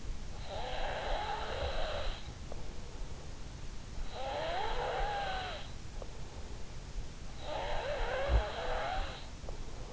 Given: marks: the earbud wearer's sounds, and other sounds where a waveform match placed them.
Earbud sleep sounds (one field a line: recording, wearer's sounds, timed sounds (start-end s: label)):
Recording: sounds in sleep by an in-ear microphone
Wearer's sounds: breath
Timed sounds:
0.00-2.74 s: breath
3.42-6.11 s: breath
7.20-9.65 s: breath